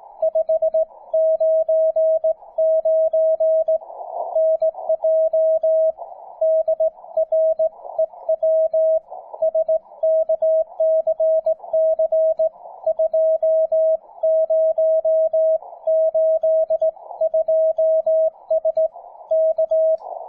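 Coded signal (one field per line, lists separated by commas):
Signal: Morse code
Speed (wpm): 18 wpm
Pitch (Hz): 640 Hz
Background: music, radio noise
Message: 599 NJ DREW SKCC 2082S K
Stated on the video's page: SKCC WES CW event, calling CQ with an Elecraft K3, Bunnell Double Speed sideswiper key and endfed wire antenna; some FT8 QRM and weak signals.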